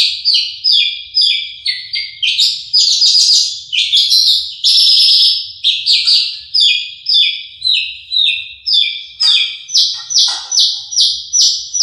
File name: audio branjangan mercy milik om donny marga omkicau com